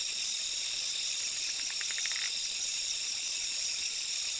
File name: Quilticohyla zoque